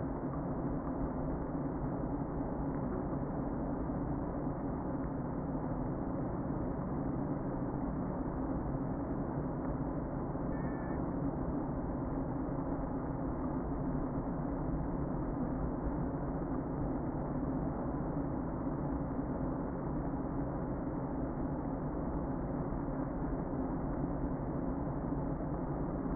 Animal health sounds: honeybee colony, microphone inside the hive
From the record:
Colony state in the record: queen present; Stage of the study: before two queens were removed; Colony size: about 60,000 bees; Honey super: yes

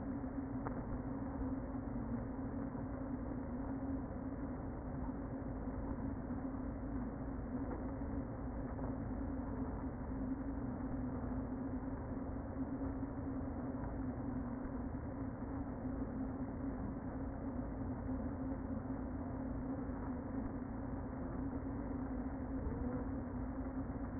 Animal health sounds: honeybee colony, microphone inside the hive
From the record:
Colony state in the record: queen present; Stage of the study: before two queens were removed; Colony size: about 60,000 bees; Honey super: yes

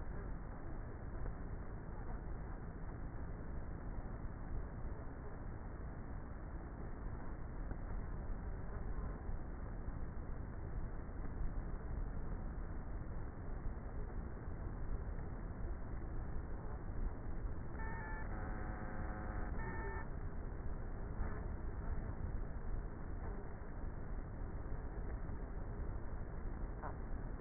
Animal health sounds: honeybee colony, microphone inside the hive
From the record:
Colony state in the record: queenless with a low population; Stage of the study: before two queens were removed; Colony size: about 30,000 bees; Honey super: no

